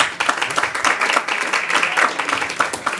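An audience claps and applauds steadily, a dense crackle of many hands sustained at an even loudness throughout, with no talking over it.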